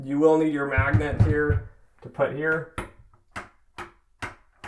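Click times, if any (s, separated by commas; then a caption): 4.6 s. A magnetic key is held against the outside of a cabinet door over an adhesive plastic Safety First child safety lock. Someone talks, then a few short knocks follow. The magnet releases the latch inside with a click at 4.6 s, and the door can then be opened.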